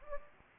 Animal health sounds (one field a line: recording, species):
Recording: mosquito wingbeat signal from an infrared sensor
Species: Anopheles gambiae